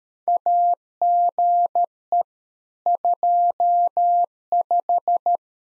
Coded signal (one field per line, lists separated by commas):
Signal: Morse code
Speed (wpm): 13 wpm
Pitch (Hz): 700 Hz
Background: none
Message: AGE 25